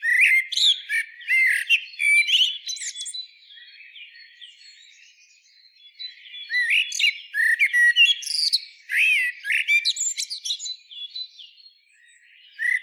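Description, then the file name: Common blackbird singing mellow warbled phrases with shrill squeaky flourishes, a loud burst at the start, a quieter gap, then a second long burst. "Turdus merula"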